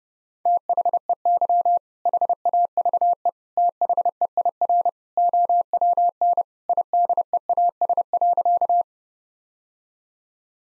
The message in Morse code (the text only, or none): THEY HAVE THEIR OWN IDEAS.